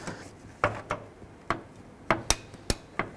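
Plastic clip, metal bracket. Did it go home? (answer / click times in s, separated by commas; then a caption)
yes / 2.3 s. A new hood release cable for a 1997-2003 Ford F-150 has its sheath retainer slid through the slot on the hood latch assembly and pushed in, giving a series of sharp clicks and knocks. The retainer clicks into place at 2.3 s, the loudest snap, and is confirmed seated.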